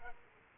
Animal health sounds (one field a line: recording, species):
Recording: mosquito wingbeat signal from an infrared sensor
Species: Aedes aegypti